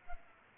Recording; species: mosquito wingbeat signal from an infrared sensor; Culex pipiens